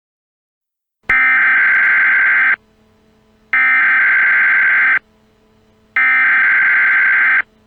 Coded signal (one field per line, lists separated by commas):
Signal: Emergency Alert System (SAME) tones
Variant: header bursts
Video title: EAS Scenario #7 - GEOSTORM